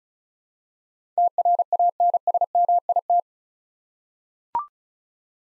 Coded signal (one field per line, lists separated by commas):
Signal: Morse code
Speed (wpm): 36 wpm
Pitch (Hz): 700 Hz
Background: none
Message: TRANSMIT